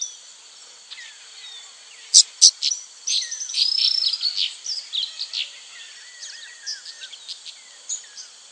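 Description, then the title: Cattle tyrant calling with two sharp high squeaks, then a tumbling chatter of thin, high, slurred notes, with softer, lower curving whistles later. Subspecies Machetornis rixosa rixosa. "LuckyPassaro Completos2Sama. Cattle Tyrant (Machetornis rixosa rixosa)"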